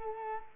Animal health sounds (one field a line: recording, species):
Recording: mosquito wingbeat signal from an infrared sensor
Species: Culex quinquefasciatus